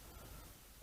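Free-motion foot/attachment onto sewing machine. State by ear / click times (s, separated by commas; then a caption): not seated / none. A free-motion foot attachment is handled and lined up on a sewing machine so the needle passes through its hole, which fits only one way. Only a steady broadband hiss with faint low rumbling is heard, with no distinct click. Nothing has seated or clicked yet.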